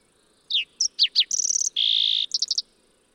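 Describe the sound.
Fox sparrow song: clear slurred descending whistles, then a fast buzzy trill and a long burry note, ending in a quick run of short notes, about two seconds long.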